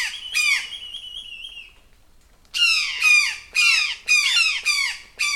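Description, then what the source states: Brown jay's harsh downslurred screams, two at first with a thin, steady whistled tone, then a silence, then six more loud screams in quick succession. Alarm calls.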